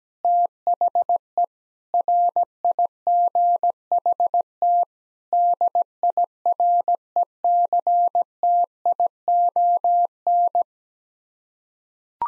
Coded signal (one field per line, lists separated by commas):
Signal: Morse code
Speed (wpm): 17 wpm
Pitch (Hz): 700 Hz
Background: none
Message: THE RIGHT DIRECTION